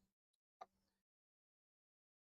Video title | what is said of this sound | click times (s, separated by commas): Late Night Live in the Garage ! | I don't know how tight it is, but I felt it snap into place. | 0.6 s